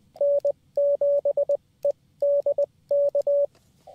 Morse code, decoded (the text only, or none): N7EDK